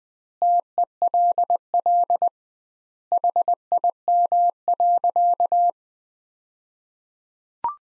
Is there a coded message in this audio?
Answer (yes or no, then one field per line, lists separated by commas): yes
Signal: Morse code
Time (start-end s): 0.4-5.7 s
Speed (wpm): 21 wpm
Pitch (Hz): 700 Hz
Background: none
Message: TELL HIM.